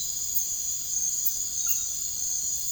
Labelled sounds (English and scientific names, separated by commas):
none